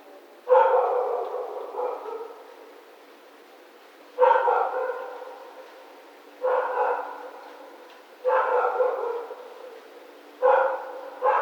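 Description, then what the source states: Coyote calls in irregular bursts, each starting sharply and fading, with quiet gaps between. Recorded on 1 February 2010 at 22:00, at night.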